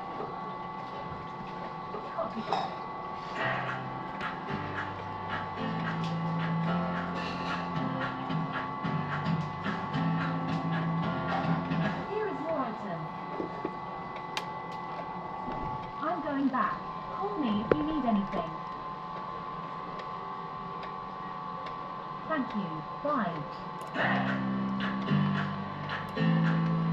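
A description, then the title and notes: Busy restaurant interior with a steady mechanical hum running throughout, like a conveyor or machinery droning at a fixed pitch. Voices talk on and off, with scattered clicks and clatter of dishes, busier around the middle and near the end. Kura Revolving sushi bar. Sounds from the restaurant.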